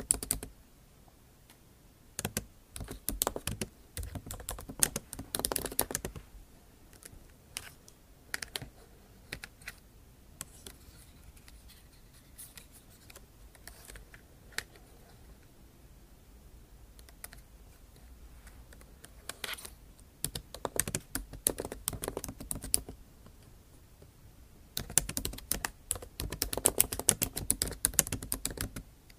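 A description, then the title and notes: Quick irregular tapping and scratching clicks come in dense bursts, busiest at the start and from about twenty-four seconds on, with sparse quiet gaps between. Scratching & Tapping ASMR.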